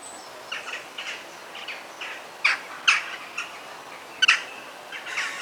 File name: Sounds of the Forest - Bird Sounds